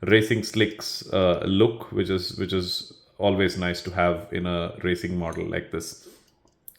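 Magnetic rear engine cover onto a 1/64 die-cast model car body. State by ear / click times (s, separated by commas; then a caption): seated / 6.7 s. Someone talks for most of the clip, then after a quiet stretch the removable magnetic rear engine cover of a 1/64 die-cast Mercedes-Benz CLK GTR (D2 FIA GT 1997) model car is put back onto its metal body. It lands with a short, sharp click at 6.7 s and is held in place by the magnets, seated.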